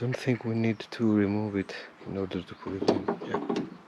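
Someone talks while handling the top end of a new trunk gas strut, lining its ball socket up to be pushed onto the ball stud on the trunk hinge without removing the clip. The clip ends before the strut goes home, so nothing has seated or clicked yet.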